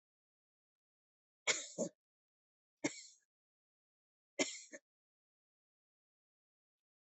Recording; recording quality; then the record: heavy voluntary cough; excellent, no background noise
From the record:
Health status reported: healthy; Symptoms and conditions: none ticked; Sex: female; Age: 49 years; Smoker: not ticked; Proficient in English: yes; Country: India